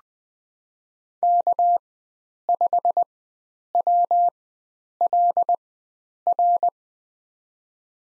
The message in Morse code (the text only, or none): K5WLR